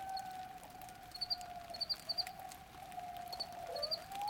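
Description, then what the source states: Coyote howl: a long, steady, slightly wavering tone held throughout, with faint short high chirps repeating in the background. Recorded in the middle of the night during a brief bout of light rain in Organ Pipe National Monument, southern Arizona, late March 2017; binaural recording; coyotes were few there.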